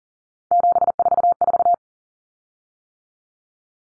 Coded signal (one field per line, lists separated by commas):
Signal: Morse code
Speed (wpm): 40 wpm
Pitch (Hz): 700 Hz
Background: none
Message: 744